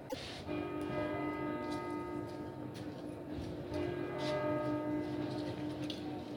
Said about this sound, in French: Donc nous sommes sur la tour de l'horloge à Bologne. Et nous attendons la sonnerie des cloches pour nous annoncer 14h, 2h de l'après-midi.